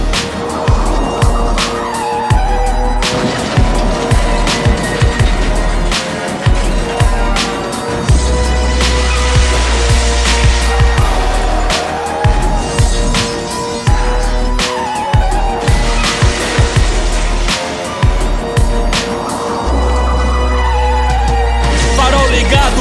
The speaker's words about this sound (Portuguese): Mas não se esquece de engatar a marcha, muito menos de sair rasgando pelas estradas.